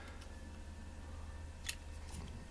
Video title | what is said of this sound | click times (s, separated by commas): Transformers review Fansproject Flameburst | Click into place | 1.7 s